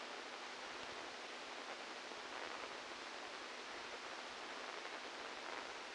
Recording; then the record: brain microelectrode recording played as sound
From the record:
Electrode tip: outside the subthalamic nucleus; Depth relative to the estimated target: -3 mm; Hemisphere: left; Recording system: NeuroSet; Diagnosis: Parkinson's disease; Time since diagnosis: 12 years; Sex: male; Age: 61 years